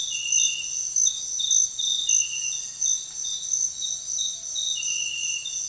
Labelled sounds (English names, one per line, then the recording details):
none
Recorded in secondary vegetation near Puerto Asís, Putumayo, Colombia, on 23 June 2025 at 05:30
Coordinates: 0.498, -76.327
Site GP09